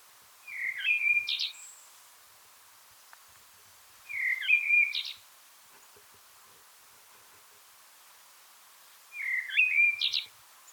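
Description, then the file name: Common blackbird delivering three short warbled phrases, each ending in a sharp high squeak, spaced a few seconds apart. "Turdus merula"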